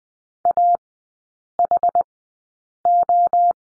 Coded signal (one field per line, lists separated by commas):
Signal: Morse code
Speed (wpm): 20 wpm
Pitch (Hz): 700 Hz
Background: none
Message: AHO